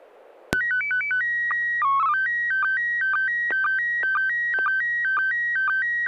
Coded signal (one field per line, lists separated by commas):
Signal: SSTV (slow-scan television)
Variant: PD 120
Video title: N6NA SSTV Net - 04/09/2025